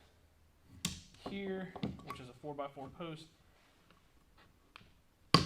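A self-adjusting pocket-hole jig clamp is clamped onto a wooden 4x4 post. Someone talks, then after a short quiet stretch with faint small taps, a sharp, loud hit comes at 5.3 s as the clamp locks onto the post.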